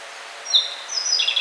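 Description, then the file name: Yellow bunting song, a brief high note followed by a quick run of thin notes, against light background noise. "Emberiza sulphurata"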